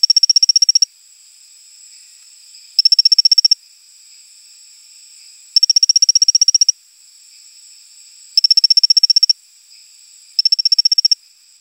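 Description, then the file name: Rocket frog calling repeatedly: five bursts of quick, high, metallic clicks, each about a second long, spaced about two to three seconds apart. "Colostethus baebatrachus"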